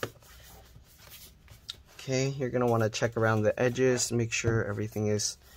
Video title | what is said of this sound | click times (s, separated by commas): Lenovo IdeaPad Flex-15IML Disassembly RAM SSD Hard Drive Upgrade Replacement Repair | okay and then we're just going to click everything back in | 0.0 s, 1.7 s